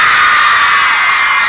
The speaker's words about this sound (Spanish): Esta noche muchas palmas y muchos gritos que estamos grabando. Quiero grito bien fuerte por el Día del Padre, así que gracias.